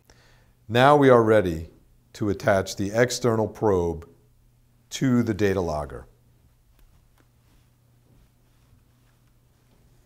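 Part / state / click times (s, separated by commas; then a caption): temperature probe plug into data logger socket / not seated / none. A man talks while an external temperature probe's cable and plug are handled and lined up with the socket of a Fridge-tag2 data logger, before being pushed home. Only small handling noises are heard, including faint ticks near 6.8 and 7.2 seconds after the talking stops. Nothing has seated or clicked yet.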